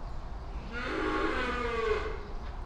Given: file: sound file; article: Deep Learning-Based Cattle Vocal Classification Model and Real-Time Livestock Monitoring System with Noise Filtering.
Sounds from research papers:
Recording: cattle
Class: normal call

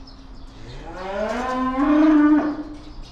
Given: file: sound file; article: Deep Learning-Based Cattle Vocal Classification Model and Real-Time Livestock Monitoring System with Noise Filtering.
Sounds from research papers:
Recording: cattle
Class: estrus call

